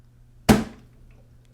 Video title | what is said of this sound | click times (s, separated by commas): Full Setup of the HP Smart Tank 5101 Printer (Install Ink, Print Heads, Connect, Print and Scan) | you really need to hear a small click | 0.5 s